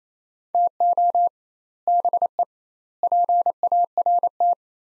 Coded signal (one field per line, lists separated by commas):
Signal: Morse code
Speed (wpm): 28 wpm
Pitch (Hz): 700 Hz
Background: none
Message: TO BE PART